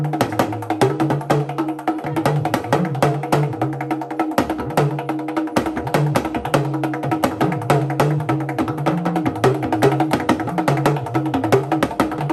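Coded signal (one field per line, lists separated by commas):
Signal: talking drum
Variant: Yoruba dundun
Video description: Watch Ayanlekan eulogise with talking drum and accompanied in high rhythmic harmony.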